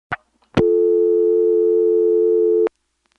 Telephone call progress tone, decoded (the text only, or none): dial tone